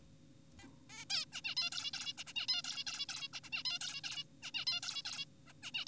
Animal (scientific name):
Taeniopygia guttata